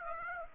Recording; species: mosquito wingbeat signal from an infrared sensor; Aedes aegypti